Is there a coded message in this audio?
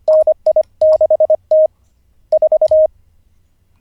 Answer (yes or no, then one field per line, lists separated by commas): yes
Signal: Morse code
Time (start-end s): 0.1-2.9 s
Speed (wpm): 25 wpm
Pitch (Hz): 620 Hz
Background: none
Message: NI6T 4